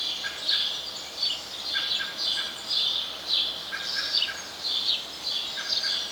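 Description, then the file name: House sparrow chirping, short bright chirps repeated against a steady background hiss. "Passer domesticus"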